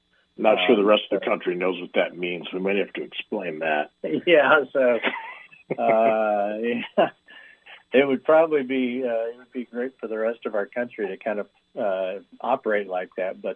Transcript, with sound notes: Not sure the rest of the country knows what that means. We might have to explain that.
Yeah. (laughs) So-
(laughs)
... uh, it would probably be, uh, it would be great for the rest of our country to kind of, uh, operate like that.